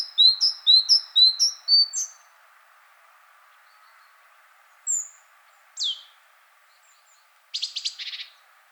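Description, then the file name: Great tit repeating a quick high-low two-note phrase for two seconds, then two separate thin notes and a short buzzy burst after a quiet gap. "Parus major"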